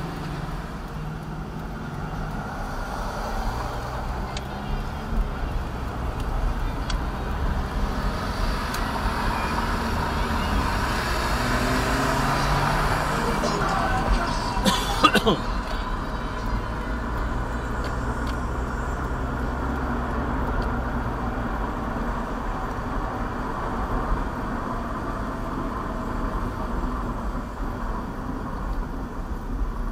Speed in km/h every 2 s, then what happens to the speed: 10, 13, 19, 24, 34, 42, 44, 44, 44, 47, 50, 52, 45, 40, 32.
0-10 speeds up to 42. 10-16 steady at about 44. 16-21 speeds up to 52. 21-30 slows to 32.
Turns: 3-9.